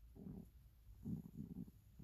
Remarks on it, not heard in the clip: That's my stomach. If you can hear that grumbling, that's my stomach.